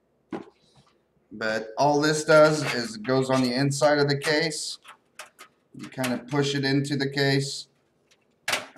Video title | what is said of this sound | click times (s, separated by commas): DIY Build a computer for less then $400.00 Dollars, DIY Motherboard Installation in a MSI Case | pops into place | 8.5 s